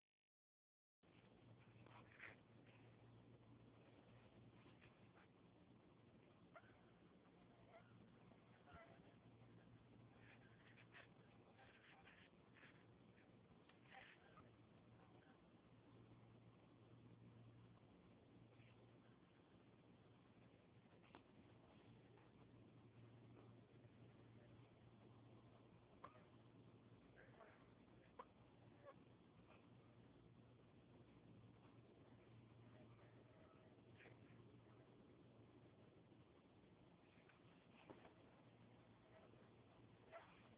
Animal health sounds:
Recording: mosquito flight sound by mobile phone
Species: Anopheles stephensi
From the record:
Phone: Huawei 866C

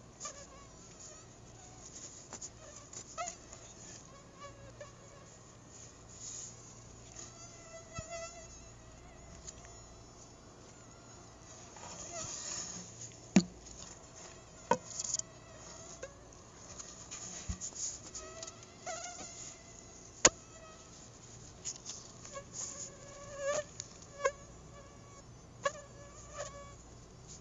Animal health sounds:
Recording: mosquito flight sound by mobile phone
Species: Anopheles arabiensis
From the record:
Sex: female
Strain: Dongola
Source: CDC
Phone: Google Nexus

